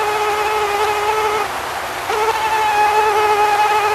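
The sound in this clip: Mosquito whine, a continuous thin droning tone that drops out briefly midway and then steadies again.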